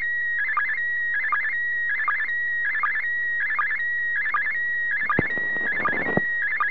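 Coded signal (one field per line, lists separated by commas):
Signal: SSTV (slow-scan television)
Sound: steady whistling tone broken by regular warbling chirps and short low blips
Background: radio static, clicks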